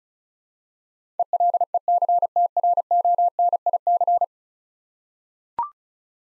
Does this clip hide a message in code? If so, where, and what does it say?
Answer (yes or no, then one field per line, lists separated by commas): yes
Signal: Morse code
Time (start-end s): 1.2-4.2 s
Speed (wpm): 36 wpm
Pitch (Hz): 700 Hz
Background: none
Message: ELECTRONIC